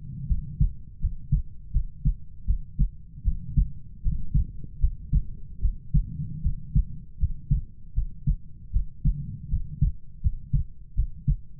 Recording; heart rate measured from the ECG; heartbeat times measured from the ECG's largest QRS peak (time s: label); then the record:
heart sounds by stethoscope; 79 bpm
0.26 s: heartbeat
0.99 s: heartbeat
1.71 s: heartbeat
2.45 s: heartbeat
3.23 s: heartbeat
4.01 s: heartbeat
4.79 s: heartbeat
5.60 s: heartbeat
6.41 s: heartbeat
7.17 s: heartbeat
7.93 s: heartbeat
8.71 s: heartbeat
9.48 s: heartbeat
10.21 s: heartbeat
10.94 s: heartbeat
From the record:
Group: healthy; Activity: rest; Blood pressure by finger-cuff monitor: 93/53 mmHg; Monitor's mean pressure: 66 mmHg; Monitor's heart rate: 77 bpm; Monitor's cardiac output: 7 L/min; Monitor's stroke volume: 92 mL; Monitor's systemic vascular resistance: 660 dyn s/cm5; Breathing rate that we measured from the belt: 20 breaths a minute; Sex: female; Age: 19 years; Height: 163 cm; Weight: 48.9 kg